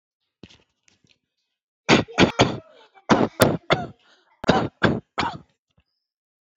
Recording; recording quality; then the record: shallow voluntary cough; excellent, no background noise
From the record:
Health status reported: healthy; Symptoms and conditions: none ticked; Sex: male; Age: 38 years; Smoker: not ticked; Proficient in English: yes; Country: India